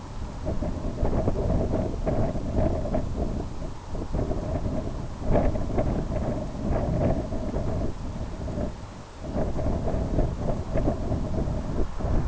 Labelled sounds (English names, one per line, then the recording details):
none
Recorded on Arctic tundra, site IGLO-B, on 24 June 2018
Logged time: 01:59